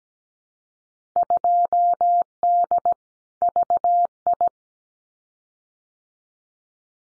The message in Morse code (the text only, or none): 2D VI